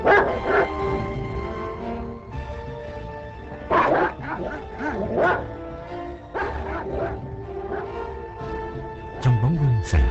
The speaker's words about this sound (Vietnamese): Con chó nhà hàng xóm thì cứ lao tới phía ông mà sủa, rồi lại lùi ra xa gầm gừ